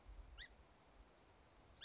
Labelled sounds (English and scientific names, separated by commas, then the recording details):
Song Sparrow (Melospiza melodia)
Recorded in Sonoma County, California